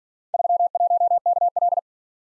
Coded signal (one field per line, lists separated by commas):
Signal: Morse code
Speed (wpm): 47 wpm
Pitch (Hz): 700 Hz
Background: none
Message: 31KL